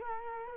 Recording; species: mosquito wingbeat signal from an infrared sensor; Culex quinquefasciatus